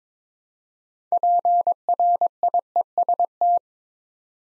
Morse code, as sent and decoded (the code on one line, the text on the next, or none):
.--. .-. .. . ... -
PRIEST